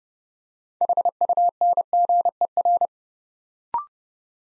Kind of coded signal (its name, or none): Morse code